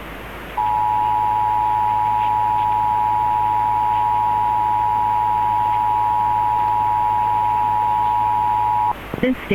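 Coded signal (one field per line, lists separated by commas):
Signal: Emergency Alert System (SAME) tones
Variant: 853 and 960 Hz attention tone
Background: speech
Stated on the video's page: Required Monthly Test alert tones relayed by Chicago AM broadcast stations WGN 720, WMVP 1000, WBBM 780 and WSCR 670.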